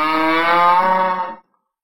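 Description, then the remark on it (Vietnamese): A single loud, sustained bellow from a giant blood-red bull, over ten meters tall and 30 meters long, bursting out of a mountain dragging lava. Rich with harmonics, it holds steady for over a second before cutting off abruptly into silence. “Một tiếng mãng ngưu rít gào vang vọng tới hơn trăm dặm, ly hỏa bốc cao lên trời.”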